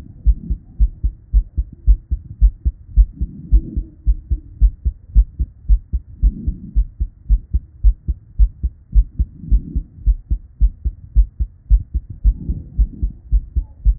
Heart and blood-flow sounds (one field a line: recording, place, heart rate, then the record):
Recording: heart sounds by stethoscope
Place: Erb's point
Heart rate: 113 bpm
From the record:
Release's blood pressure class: normal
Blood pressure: 119/74 mmHg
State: at rest